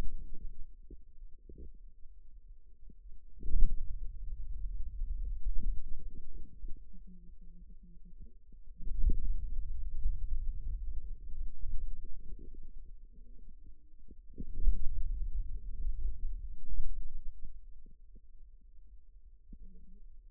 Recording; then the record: forearm muscle sounds (acoustic myography)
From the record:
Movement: hand closing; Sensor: system 2, bracelet of six BSWA MPA416 microphones around the upper forearm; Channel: 5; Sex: male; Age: 22 years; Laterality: right